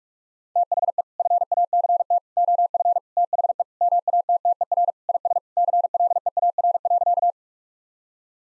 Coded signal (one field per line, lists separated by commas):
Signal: Morse code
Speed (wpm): 41 wpm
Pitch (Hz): 700 Hz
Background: none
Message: THE FACT OF THE MATTER IS CLEAR.